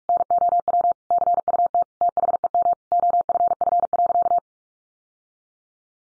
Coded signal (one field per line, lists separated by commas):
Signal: Morse code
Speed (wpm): 44 wpm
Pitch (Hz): 700 Hz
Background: none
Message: NOW CUT THEM OFF.